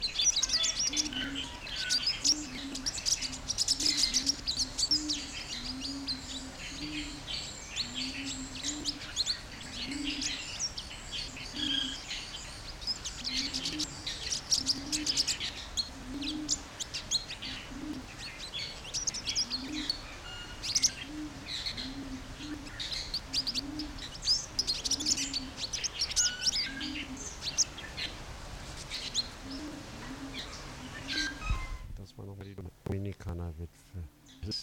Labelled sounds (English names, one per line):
Pin-tailed Whydah